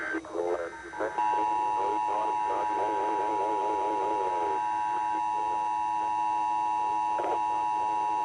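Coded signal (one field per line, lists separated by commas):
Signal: Emergency Alert System (SAME) tones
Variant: 853 and 960 Hz attention tone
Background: speech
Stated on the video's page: Remake recreation of a hacked Emergency Alert System broadcast.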